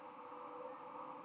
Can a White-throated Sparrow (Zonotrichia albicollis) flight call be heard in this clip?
no